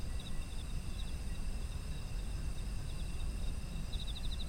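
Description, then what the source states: Insect calls: scattered short pulses, then a fast pulsed trill near the end, with steady high-pitched tones throughout and heavy low background rumble. Autumn insect ambient sound.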